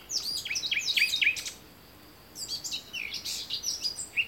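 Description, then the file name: Common nightingale song: repeated downslurred whistles in quick series, a short pause, then varied high whistled notes. "Luscinia megarhynchos"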